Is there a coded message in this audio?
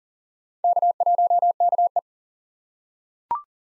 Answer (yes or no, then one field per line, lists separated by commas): yes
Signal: Morse code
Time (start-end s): 0.6-2.0 s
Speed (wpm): 40 wpm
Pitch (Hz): 700 Hz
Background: none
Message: K1KE